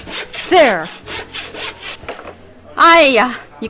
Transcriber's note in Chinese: sawing; Piece of wood falling